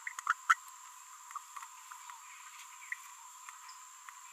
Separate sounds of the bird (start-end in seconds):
0.27-0.33, 0.49-0.54